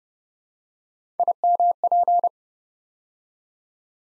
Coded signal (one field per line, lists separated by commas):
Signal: Morse code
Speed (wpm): 30 wpm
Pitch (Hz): 700 Hz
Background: none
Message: IMP